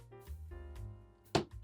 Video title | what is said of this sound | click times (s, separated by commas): Is this the definitive Lego Iron Man? #graxbuilds | clicks into place like this. | 1.3 s